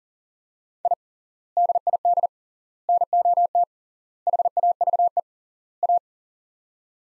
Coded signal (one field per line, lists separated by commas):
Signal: Morse code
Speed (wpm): 40 wpm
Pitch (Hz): 700 Hz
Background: none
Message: I DID NOT HAVE A